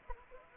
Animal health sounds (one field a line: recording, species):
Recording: mosquito wingbeat signal from an infrared sensor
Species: Anopheles arabiensis